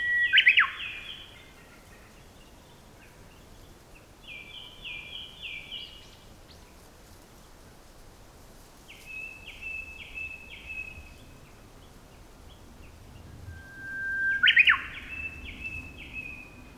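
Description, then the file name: Common nightingale song: short bursts of repeated high chevron-shaped notes, separated by pauses, with a loud sharp phrase near the start and another near the end. "nightingale 2019 dec robert knoth und antoinette de jong"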